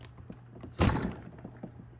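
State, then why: Not seated. A manual Happizza button maker's die is turned and its handle pushed down to press a plastic button shell and back together. There is a broad thud at about 0.8 s and a few soft taps, with little force and no loud click. Nothing has clicked or seated.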